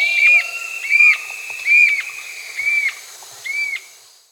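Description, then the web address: Sclater's antwren giving a series of five clear, slightly arched whistles, with a faint lower whistle and soft hiss behind. Recorded in Peru. "Natures Songs S America Birds of the Amazon 2. Sclater's Antwren (Myrmotherula sclateri), Peru"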